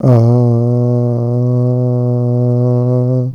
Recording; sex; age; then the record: sustained vowel /a/; male; 20 to 29 years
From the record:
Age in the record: 24 years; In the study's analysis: included